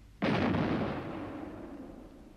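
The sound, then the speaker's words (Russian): A single heavy artillery gun fires a salute: one abrupt, loud boom that bursts across the whole range, then a deep rumbling roar slowly fading over the next two seconds. “Это салют. Совершенно верно. Шестидюймовая батарея салютует.”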